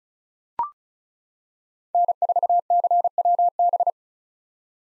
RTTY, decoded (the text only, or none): none